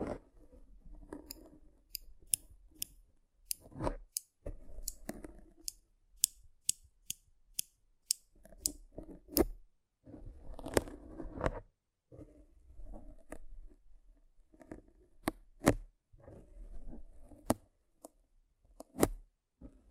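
Rough brain cleaning and picking: sharp, bright clicks and snips land irregularly every second or so, mixed with wet, squelchy scraping and crunching bursts. The busiest mushy stretch comes around ten to eleven seconds, with short silences between the actions.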